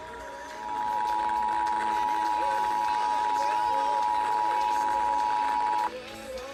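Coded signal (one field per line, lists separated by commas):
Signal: Emergency Alert System (SAME) tones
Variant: 853 and 960 Hz attention tone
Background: speech, music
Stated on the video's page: Required Monthly Test of the Emergency Alert System for South Carolina.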